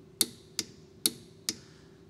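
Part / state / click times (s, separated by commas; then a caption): click-type torque wrench on a car wheel lug nut / torque reached / 0.2 s, 1.1 s. A click-type torque wrench set to 80 ft-lb is pushed down on a car wheel lug nut. Four sharp, bright clicks ring out at about 0.2, 0.6, 1.1 and 1.5 seconds, with the wrench's clicks, a little pop of the handle, at 0.2 and 1.1 seconds. These clicks mean the lug nut is tightened to spec at 80 ft-lb.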